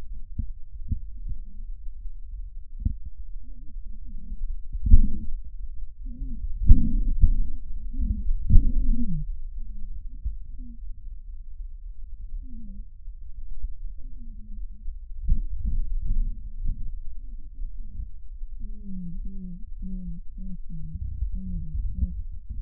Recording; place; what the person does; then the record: lung sounds by stethoscope; right anterior apical chest; quiet breathing, then cough and speech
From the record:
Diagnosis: asthma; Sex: female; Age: 56 years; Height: 161 cm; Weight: 85 kg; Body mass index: 32.8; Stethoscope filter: bell mode